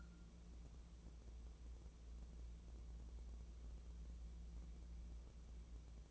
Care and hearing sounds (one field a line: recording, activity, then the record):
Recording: daily activity, microphone in the room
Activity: wipe stove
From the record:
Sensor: 1